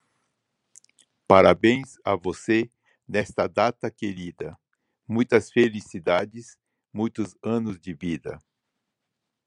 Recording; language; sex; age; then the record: short text; Brazilian Portuguese; male; 60 to 69 years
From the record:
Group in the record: control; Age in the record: 68 years